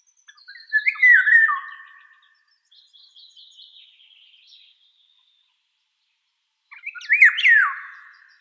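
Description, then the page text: Eurasian golden oriole: two loud phrases separated by a long pause, with quieter scratchy notes between them. "Иволга обыкновенная (Oriolus oriolus) - Пение"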